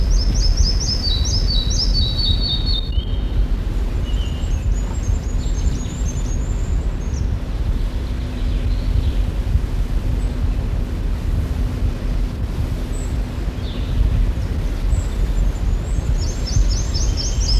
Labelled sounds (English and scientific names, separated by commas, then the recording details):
Red-breasted Flycatcher (Ficedula parva) song
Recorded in the wild
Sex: male
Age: adult
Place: Lüßberg, Niedersachsen, DE
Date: 1966-06-12
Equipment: Halbspur, 9,5 cm/s
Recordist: Lütgens, Hans
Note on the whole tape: 2 Männchen, Gesang